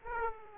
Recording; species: mosquito wingbeat signal from an infrared sensor; Aedes aegypti